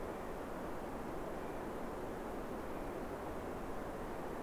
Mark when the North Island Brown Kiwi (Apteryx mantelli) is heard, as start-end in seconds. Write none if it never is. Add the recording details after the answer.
0.00-4.42. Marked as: faintness 5/5. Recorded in New Zealand on 5 November 2015. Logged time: 22:59. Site CQ72